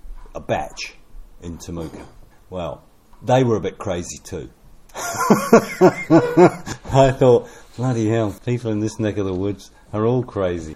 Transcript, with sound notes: A bach in Temuka. Well, they were a bit crazy too. [Laugh] And I thought, ‘Bloody hell, people in this neck of the woods are all crazy.’